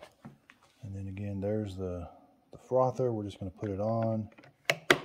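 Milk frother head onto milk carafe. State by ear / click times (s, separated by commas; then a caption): seated / 4.9 s. Someone talks while pushing the milk frother head (nozzle piece) onto the milk carafe of a Delonghi Nespresso Lattissima Plus espresso machine. A faint tap at 4.7 s is followed by a sharp plastic snap at 4.9 s as the frother lid seats on the carafe.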